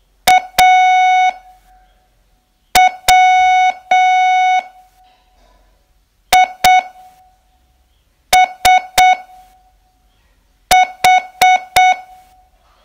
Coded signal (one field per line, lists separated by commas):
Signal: Morse code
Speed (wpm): 7 wpm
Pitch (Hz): 740 Hz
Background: none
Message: AWISH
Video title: Learn Morse in 42 Days from VU2LAU - day11Test